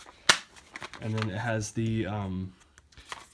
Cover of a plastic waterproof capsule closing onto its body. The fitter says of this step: then you put over put this down and in this locks into place and